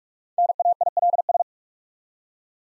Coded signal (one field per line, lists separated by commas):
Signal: Morse code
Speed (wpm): 44 wpm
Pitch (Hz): 700 Hz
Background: none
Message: NAILS